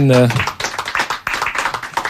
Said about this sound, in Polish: Ja jeszcze może tylko dodam, przypomnę o tym, że wyboru kandydata naszego dokonała komisja pod przewodnictwem Ewy Puszczyńskiej, więc jakby też pewnie dla komisji jakieś brawa.